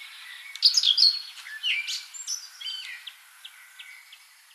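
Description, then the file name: Great tit calls: a loud cluster of sharp chirps, then a few scattered notes that thin out and fade over the following seconds. "Parus major"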